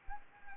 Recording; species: mosquito wingbeat signal from an infrared sensor; Anopheles arabiensis